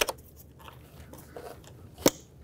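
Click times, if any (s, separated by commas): 2.1 s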